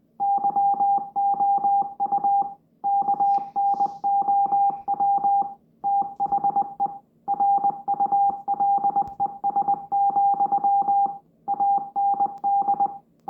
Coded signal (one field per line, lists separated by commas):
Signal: Morse code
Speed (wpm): 20 wpm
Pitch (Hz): 800 Hz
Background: music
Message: YOU KNOW THE RULES, AND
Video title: Mysterious Morse Code recieved from space?! 🤯